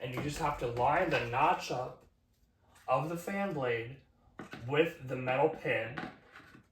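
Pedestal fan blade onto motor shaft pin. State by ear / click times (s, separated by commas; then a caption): not seated / none. A plastic fan blade for a Lasko S18708 WhisperForce DC pedestal fan is handled as its notch is lined up with the metal pin on the motor shaft, while someone talks. Only faint handling noise sits under the speech, and the blade has not yet clicked into place on the shaft.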